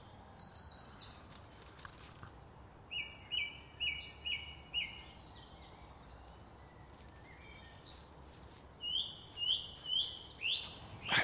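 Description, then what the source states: Song thrush singing clear phrases, each note repeated several times, with pauses between phrases. Male singing in the dawn chorus right above the recordist, repeating each note two or three times.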